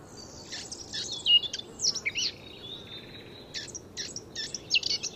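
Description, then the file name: Eurasian blackcap warbling quietly: broken bursts of scratchy, high-pitched notes with short gaps between them. "Sylvia atricapilla"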